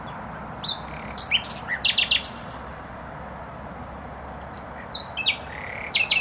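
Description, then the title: Nightingale song: scattered short whistles and sharp clicking notes separated by pauses, over constant motorway traffic noise. Singing in bushes close to a noisy motorway, Trasa Toruńska, Bródno-Podgrodzie, Warsaw, Poland; recorded on an Olympus LS-11. "Bródno-Podgrodzie, Warszawa, Polska - Trasa Toruńska Nightingale"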